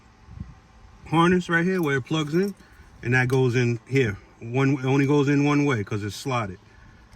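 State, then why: Not seated. A man talks while handling the original rear-view mirror wiring harness plug at the keyed, slotted connector socket of a FITCAMX dash cam mount, which it fits only one way. Only speech is heard, with no click; the plug has not seated or clicked in yet.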